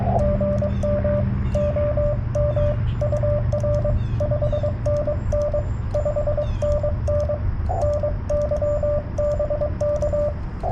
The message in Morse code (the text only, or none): GM OM UR 5NN 5NN NY BK